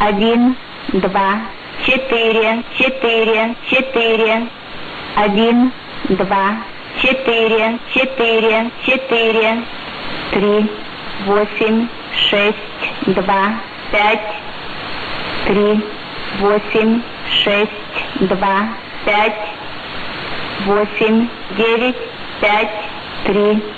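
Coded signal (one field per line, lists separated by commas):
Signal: numbers station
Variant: S06s, Russian female voice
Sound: female voice reading short evenly spaced words in Russian over a radio channel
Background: radio static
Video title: 10 07 2018 S06s Russian Lady numbers station in Russian to Eu 0740 on 11655 unknown tx site USB+AM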